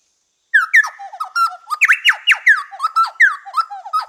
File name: Orthonyx Spaldingii